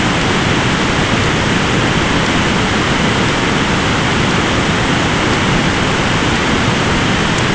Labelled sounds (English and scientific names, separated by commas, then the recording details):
none
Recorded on Arctic tundra, site ZACK-1, on 14 June 2019
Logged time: 23:49